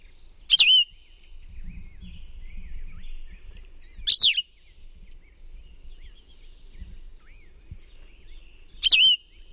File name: PLVI song